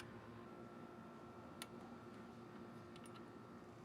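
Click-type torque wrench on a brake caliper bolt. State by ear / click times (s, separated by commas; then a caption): torque reached / 1.6 s. A click-type torque wrench tightens a caliper bolt on a Jeep TJ front brake during caliper and rotor replacement. Over a steady background hum, the wrench gives a single faint, short click at 1.6 s as it reaches its setting. The click is weak because the torque value is so small.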